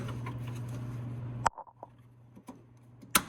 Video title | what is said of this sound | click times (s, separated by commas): 2014 Ram Truck - How to Change Head Light Bulbs - LED | And you'll hear it click. | 3.1 s